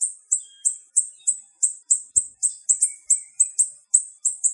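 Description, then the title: Bird giving high, thin, downslurred chirps repeated rapidly, several a second, in a steady series, with faint lower notes in the background. "LuckyPassaros CompletosSama"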